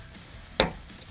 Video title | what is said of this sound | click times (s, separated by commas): Front Splash Guards Install 05-14 MUSTANGS | want to make sure it clicks like that | 0.6 s